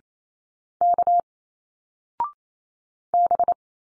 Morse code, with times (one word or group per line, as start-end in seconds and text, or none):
0.8-1.2 K
3.1-3.5 B